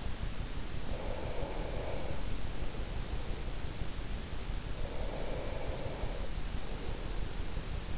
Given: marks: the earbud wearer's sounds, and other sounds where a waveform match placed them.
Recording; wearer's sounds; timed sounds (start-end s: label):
sounds in sleep by an in-ear microphone; breath
0.23-4.24 s: breath
4.75-7.98 s: breath